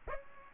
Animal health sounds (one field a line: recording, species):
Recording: mosquito wingbeat signal from an infrared sensor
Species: Aedes aegypti